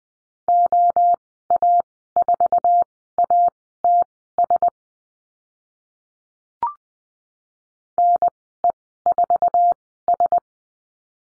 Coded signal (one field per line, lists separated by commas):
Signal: Morse code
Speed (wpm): 20 wpm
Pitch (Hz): 700 Hz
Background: none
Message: OA4ATS NE4S